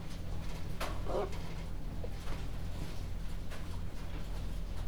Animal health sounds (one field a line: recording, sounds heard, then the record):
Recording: poultry house recording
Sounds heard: sick chickens (respiratory disease)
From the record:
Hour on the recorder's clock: 23